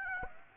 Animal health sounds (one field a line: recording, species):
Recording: mosquito wingbeat signal from an infrared sensor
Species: Aedes aegypti